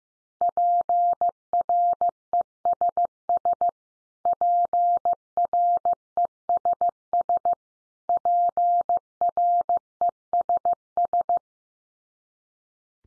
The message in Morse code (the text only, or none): PRESS PRESS PRESS